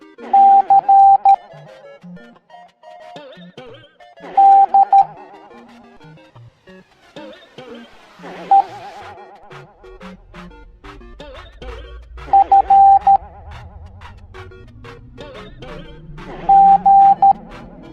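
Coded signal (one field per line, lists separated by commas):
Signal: Morse code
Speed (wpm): 13 wpm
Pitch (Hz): 790 Hz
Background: music, radio noise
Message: C D E F G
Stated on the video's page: Morse code alphabet lesson for kids in a cartoon.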